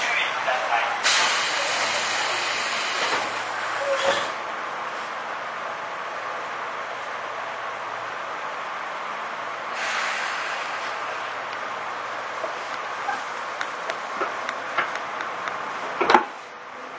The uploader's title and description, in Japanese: 東武10000系 浅草ー北千住。浅草→北千住の区間の運転の列車を録音